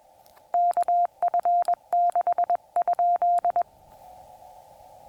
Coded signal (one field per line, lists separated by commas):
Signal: Morse code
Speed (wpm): 21 wpm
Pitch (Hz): 700 Hz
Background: none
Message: KF6?